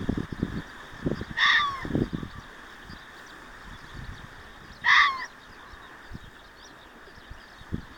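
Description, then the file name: Fox with two hoarse barks about three and a half seconds apart, with low rumbling noise beneath. Recorded 6 June 2024. "キツネ 240606"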